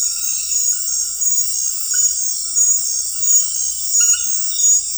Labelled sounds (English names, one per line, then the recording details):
none
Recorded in dense forest near Puerto Asís, Putumayo, Colombia, on 20 February 2024 at 23:30
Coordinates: 0.484, -76.317
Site G6464